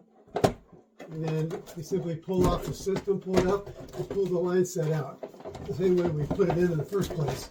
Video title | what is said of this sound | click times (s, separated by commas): Full installation of a mini split Part 1 of 2, Yitahome, Pioneer | we uncclick the bottom | 0.4 s